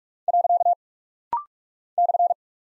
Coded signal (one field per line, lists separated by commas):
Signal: Morse code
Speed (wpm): 46 wpm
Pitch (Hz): 700 Hz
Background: none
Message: . /